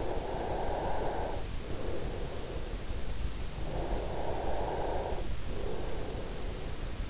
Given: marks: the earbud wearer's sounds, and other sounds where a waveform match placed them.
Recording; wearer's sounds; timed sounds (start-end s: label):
sounds in sleep by an in-ear microphone; breath
0.11-3.11 s: breath
3.37-7.10 s: breath